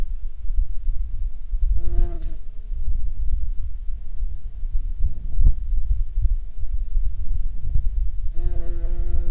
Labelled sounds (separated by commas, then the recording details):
wind, insects
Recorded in Ivvavik National Park, Yukon, on 4 July 2019 at 00:09
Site SINP09